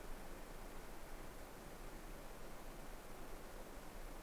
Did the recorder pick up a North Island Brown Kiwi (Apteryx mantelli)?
no